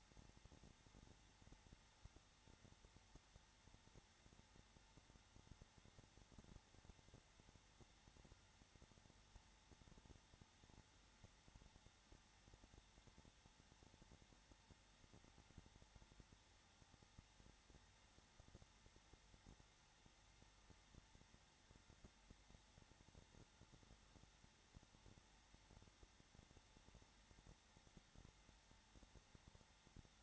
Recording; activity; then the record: daily activity, microphone in the room; no activity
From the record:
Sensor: 3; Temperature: 21.3 degrees Celsius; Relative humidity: 33.3%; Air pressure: 994.5 hPa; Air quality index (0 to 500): 168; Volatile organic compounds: 3 ppm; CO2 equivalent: 1459 ppm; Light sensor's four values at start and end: 2/3/2/2 and 2/3/2/2